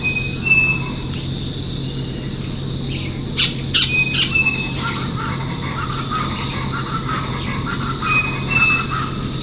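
Bird calls: brief whistled notes at intervals with a cluster of sharp chirps midway, over a steady buzzing insect chorus and low hum.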